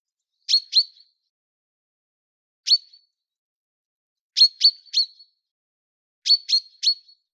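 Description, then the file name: Common chaffinch uttering brief bright chip notes, singly or in groups of two to three, spaced irregularly over a quiet background. Wageningen Noordwest, 20 December 2021, 10:17. "Vink Wageningen Noordwest 20 december 2021 10 uur 17"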